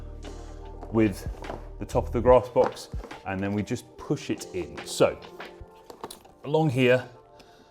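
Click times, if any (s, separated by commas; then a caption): none. Someone talks while lining up the rubber rim at the top of a fabric grass collection bag with the top of a lawnmower's grass box frame and pushing it in along the edge, with a few soft handling taps around 0.8 s and 5.9–6.3 s. The rim has not clicked into the frame or seated yet.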